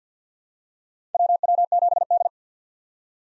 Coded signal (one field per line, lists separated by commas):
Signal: Morse code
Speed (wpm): 46 wpm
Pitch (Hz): 700 Hz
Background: none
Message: WW7D